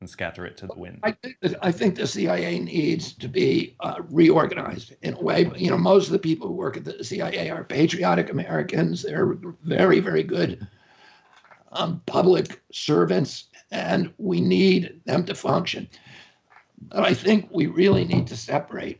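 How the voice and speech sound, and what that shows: Adult male speaker with spasmodic dysphonia: a man speaking in an interview, his voice strained, rough and creaky with broken, effortful phonation and frequent pauses.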